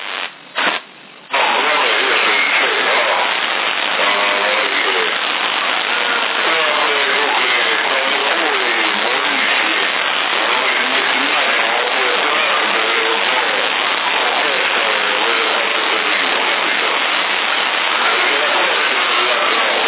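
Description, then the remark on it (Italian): A car engine roars through a tinny, band-limited CB radio feed in Sassari, December 2011, loud and continuous for nearly twenty seconds after a brief choppy start, with a rough, noisy texture. “Guarda, ci ha messo la macchina dentro, va.”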